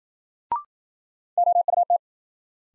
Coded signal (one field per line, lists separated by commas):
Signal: Morse code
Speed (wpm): 53 wpm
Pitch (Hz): 700 Hz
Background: none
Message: OUT